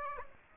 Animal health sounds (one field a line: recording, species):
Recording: mosquito wingbeat signal from an infrared sensor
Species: Aedes aegypti